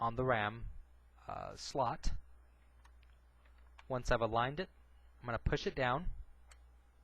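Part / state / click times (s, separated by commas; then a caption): RAM module into laptop memory slot / seated / 6.5 s. Someone talks while the first SO-DIMM memory module is lined up by its notch with the notch on the RAM slot of an HP Pavilion DV7 laptop and pushed down into the slot. At 6.5 s a short click sounds as the retaining clips catch, showing the module is seated and properly installed.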